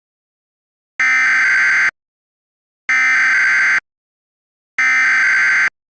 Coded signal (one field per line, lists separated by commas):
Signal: Emergency Alert System (SAME) tones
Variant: header bursts